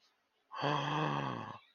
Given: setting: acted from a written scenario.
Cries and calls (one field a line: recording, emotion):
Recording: vocal sound without words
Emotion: awe